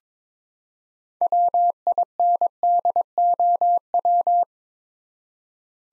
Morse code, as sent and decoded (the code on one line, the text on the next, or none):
.-- .. -. -.. --- .--
WINDOW